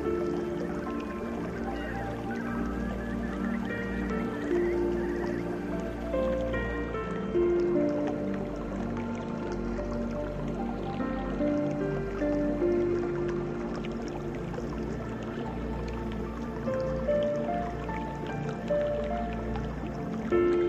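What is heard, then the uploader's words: Soft piano notes drift slowly in a gentle middle register over a steady wash of flowing water that continues throughout. Soft Piano Music and Nature.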